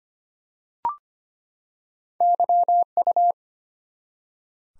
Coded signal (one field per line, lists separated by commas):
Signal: Morse code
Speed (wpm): 25 wpm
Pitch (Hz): 700 Hz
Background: none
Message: YU